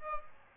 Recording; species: mosquito wingbeat signal from an infrared sensor; Aedes aegypti